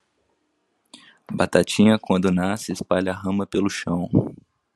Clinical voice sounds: short text; Brazilian Portuguese; male; 18 to 19 years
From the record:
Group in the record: control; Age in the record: 18 years

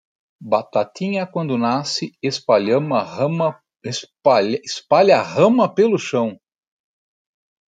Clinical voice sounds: short text; Brazilian Portuguese; male; 50 to 59 years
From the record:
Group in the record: control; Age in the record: 55 years

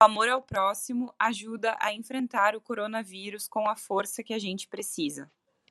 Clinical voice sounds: spoken sentence; Brazilian Portuguese; female; 20 to 29 years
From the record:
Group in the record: control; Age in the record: 29 years

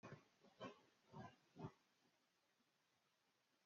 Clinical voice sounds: short text; Brazilian Portuguese; female; 40 to 49 years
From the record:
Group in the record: control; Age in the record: 44 years

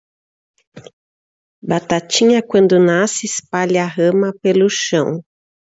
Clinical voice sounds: short text; Brazilian Portuguese; female; 50 to 59 years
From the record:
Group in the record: control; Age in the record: 54 years

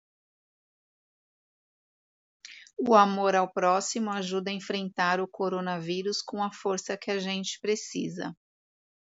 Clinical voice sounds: spoken sentence; Brazilian Portuguese; female; 50 to 59 years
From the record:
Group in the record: control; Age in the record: 51 years

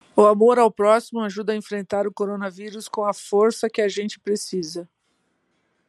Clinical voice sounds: spoken sentence; Brazilian Portuguese; female; 40 to 49 years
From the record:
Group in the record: control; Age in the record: 48 years

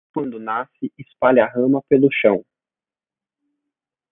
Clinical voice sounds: short text; Brazilian Portuguese; male; 20 to 29 years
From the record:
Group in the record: control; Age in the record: 27 years

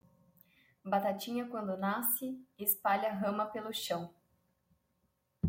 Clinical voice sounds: short text; Brazilian Portuguese; female; 30 to 39 years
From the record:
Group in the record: control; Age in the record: 31 years

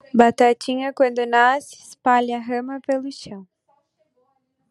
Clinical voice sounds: short text; Brazilian Portuguese; female; 30 to 39 years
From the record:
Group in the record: control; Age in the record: 30 years

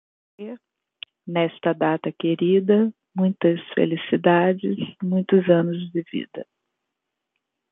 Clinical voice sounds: short text; Brazilian Portuguese; female; 60 to 69 years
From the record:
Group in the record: control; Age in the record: 62 years

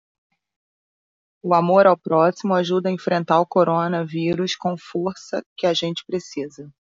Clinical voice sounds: spoken sentence; Brazilian Portuguese; female; 40 to 49 years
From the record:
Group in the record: control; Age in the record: 41 years

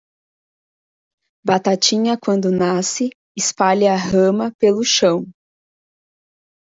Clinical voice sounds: short text; Brazilian Portuguese; female; 30 to 39 years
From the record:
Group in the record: control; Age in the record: 30 years

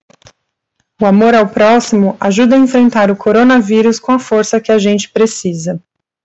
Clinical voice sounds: spoken sentence; Brazilian Portuguese; female; 30 to 39 years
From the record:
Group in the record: control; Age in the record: 35 years

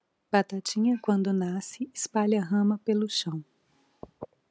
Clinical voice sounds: short text; Brazilian Portuguese; female; 30 to 39 years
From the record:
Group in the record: control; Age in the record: 37 years

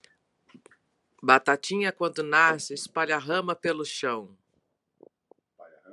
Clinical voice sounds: short text; Brazilian Portuguese; male; 50 to 59 years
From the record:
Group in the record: control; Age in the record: 50 years

